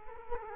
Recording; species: mosquito wingbeat signal from an infrared sensor; Culex quinquefasciatus